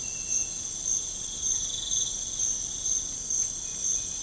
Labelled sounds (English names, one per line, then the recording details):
none
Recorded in pastures near Puerto Asís, Putumayo, Colombia, on 21 December 2024 at 05:00
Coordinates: 0.496, -76.326
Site G004